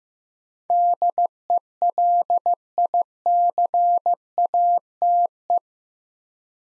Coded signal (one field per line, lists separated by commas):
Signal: Morse code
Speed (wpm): 15 wpm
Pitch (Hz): 700 Hz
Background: none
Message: DELICATE